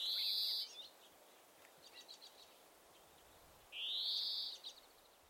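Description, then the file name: European greenfinch calls: a harsh buzzy wheeze, soft twitters, then a second wheeze a few seconds later. "Chloris chloris"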